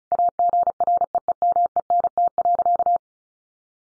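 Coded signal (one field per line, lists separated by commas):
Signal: Morse code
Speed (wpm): 34 wpm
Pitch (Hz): 700 Hz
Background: none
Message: AGREEMENT.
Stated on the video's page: Head-copy practice at 35 wpm: sentences from the top 1500 words, sent in Morse, then spoken, then sent again in Morse.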